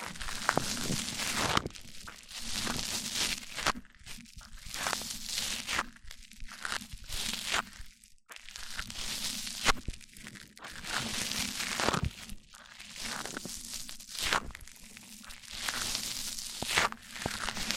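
Mic-on-mic triggers: one microphone rubbed and scraped against another, making bursts of bright, crackly scratching that come and go every second or so in an uneven rhythm. A faint low hum runs underneath, with a brief quiet gap around eight seconds.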